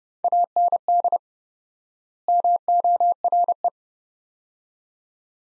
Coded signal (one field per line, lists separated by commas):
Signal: Morse code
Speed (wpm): 30 wpm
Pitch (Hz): 700 Hz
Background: none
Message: AND MORE